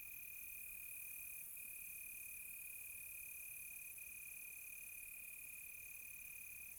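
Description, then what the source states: Cricket: a steady high trill with a couple of brief dips, over a fainter higher insect chorus. Crickets on a quiet tropical night, recorded close.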